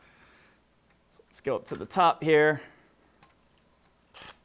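A screw on a Phillips bit is worked up to the top and lined up in the hole of a bumper mounting bracket on plywood, ready to be driven with a power drill. Someone talks, and light ticking sounds from the positioning follow, including a brief tick at 3.2 s and a rustle at 4.2 s. The screw is in the hole, but nothing has seated or clicked yet.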